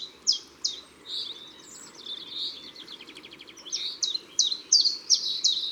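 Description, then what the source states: Common chiffchaff song: a couple of sharp falling notes, then a rapid trill and other bird chirps, then a run of sharp falling notes at the end. Recorded in Ardèche, France.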